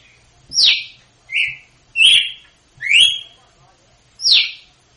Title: Canto Galo Campina Fêmea. GALO DE CAMPINA/ AÇOITE PARA ENSINAR FILHOTE (CANTO DO NORDESTE)